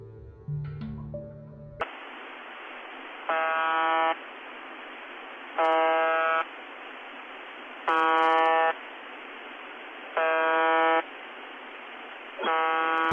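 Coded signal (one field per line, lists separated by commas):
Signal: numbers station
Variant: UVB-76 (The Buzzer)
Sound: harsh low buzzes, each under a second, repeating about every 2.4 seconds over hiss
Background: radio static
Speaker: mas em 1997 foi substituído por uma buzina muito estranho que deu o apelido à rádio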